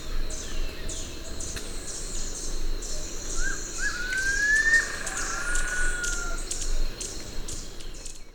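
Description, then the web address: Striolated puffbird giving a drawn-out whistle that rises for about a second, then slowly falls, over steady high buzzing and low rumbling background noise. Ecuador. "Natures Songs S America Birds of Ecuador. Striolated Puffbird"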